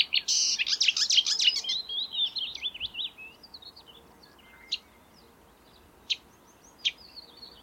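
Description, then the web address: Marsh warbler song opening with a rapid burst of buzzy, slurred notes that fades into scattered single chips. Song, recorded in May 2020. "geluiden bosrietzanger mei 2020 zang"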